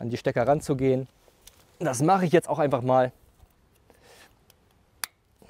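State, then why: Seated. An MC4 solar cable plug is pushed into its mating MC4 connector on a balcony solar kit while someone talks. After a quiet pause with faint handling noise, a single sharp, loud click at 5.0 s marks the connector seating.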